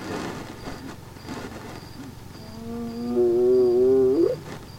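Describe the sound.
Hyena call: one sustained low hoot with layered overtones that swings upward at the very end.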